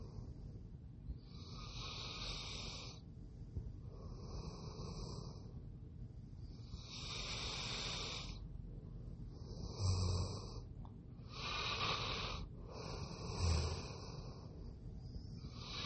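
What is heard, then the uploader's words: A sleeper snores steadily, with long raspy breaths roughly every two seconds, each a rough, hissing rattle separated by brief quiet gaps. Around ten and thirteen seconds a couple of breaths catch with a sharper, louder snort. A low rumble sits underneath throughout. Passed out and snoring.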